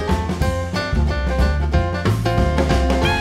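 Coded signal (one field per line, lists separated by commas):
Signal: none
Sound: music notes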